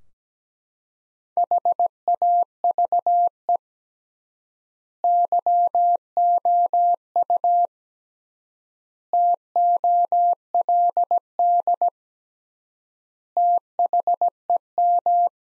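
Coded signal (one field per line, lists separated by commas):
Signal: Morse code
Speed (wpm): 17 wpm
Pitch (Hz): 700 Hz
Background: none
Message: HAVE YOU TOLD THEM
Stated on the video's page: Morse code practice sentences from the top 500 words at 17 wpm with 3x standard word spacing.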